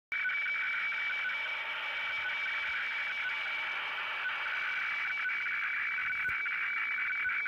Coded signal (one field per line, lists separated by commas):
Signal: weather fax (radiofax)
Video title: Sony CRF-V21 - WeFax from Kyodo News Agency Japan